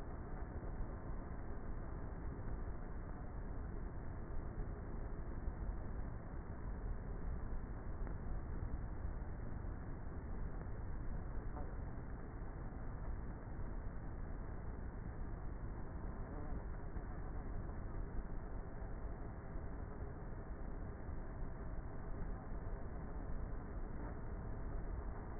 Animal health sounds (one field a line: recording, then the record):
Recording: honeybee colony, microphone inside the hive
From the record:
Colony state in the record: queenless with a low population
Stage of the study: before two queens were removed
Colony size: about 30,000 bees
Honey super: no